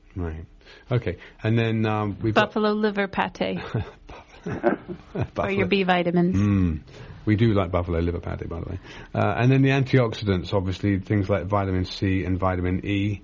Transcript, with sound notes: Right, okay, and then--
Buffalo liver pate. (laughing) For your B vitamins.
We do like buffalo liver pate, by the way. And then the antioxidants, obviously, things like vitamin C and vitamin E.